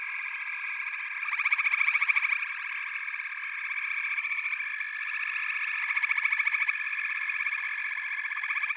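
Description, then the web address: Frogs calling in chorus: many rapid pulsed trills merge into a continuous high buzz, rising in loudness around two seconds and again near six seconds. A chorus of frogs calling together. "The Natural Sounds of the Wilderness. Echoes of Nature - Frog Chorus"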